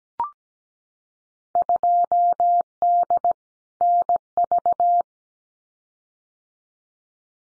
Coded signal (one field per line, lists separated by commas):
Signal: Morse code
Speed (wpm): 17 wpm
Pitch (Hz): 700 Hz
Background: none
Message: 2D NV